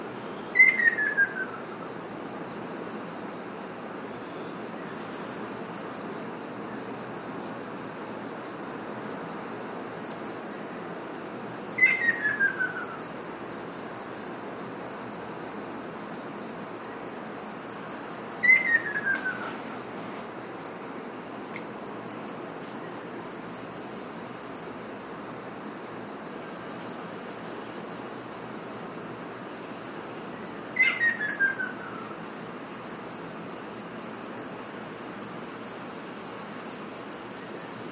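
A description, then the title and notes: On Iriomote Island, insects drone steadily at high pitch over a soft hiss, while a descending call repeats roughly every six to twelve seconds. 赤翡翠 - Ruddy Kingfisher. Recorded in Iriomote Island Okinawa Japan.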